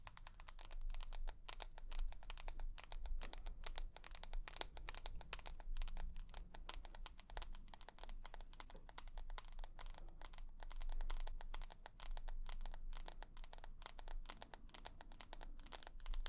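Tapping, very fast and dense, runs through the whole recording as a flurry of bright, crisp clicks that nearly blur together, with a crinkly, papery edge. A low rumble sits underneath, and the level stays fairly even, dipping briefly around eleven seconds.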